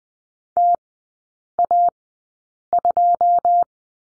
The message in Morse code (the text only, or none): TA2